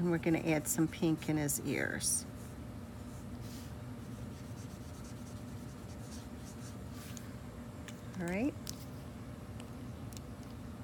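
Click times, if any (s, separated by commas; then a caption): none. Someone talks briefly, then a pink alcohol marker is handled after colouring a drawing's ears, with a few faint, sharp handling ticks against quiet room noise as its cap is brought back toward the marker. The cap has not snapped or seated yet; a tight snap is what keeps an alcohol marker from drying out.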